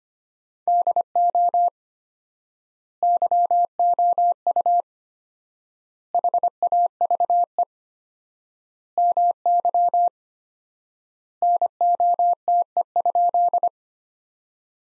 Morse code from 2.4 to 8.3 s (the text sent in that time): YOU HAVE